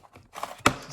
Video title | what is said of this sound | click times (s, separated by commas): BEST EASIEST STORAGE CART for Bathroom or Kitchen - Easy Assembly No Tools Required | snap in place | 0.7 s